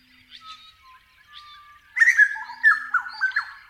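Grey butcherbird singing: a rich burst of fluty, warbled notes with quick rising and falling slurs, after quieter high chirps and a soft whistled tone.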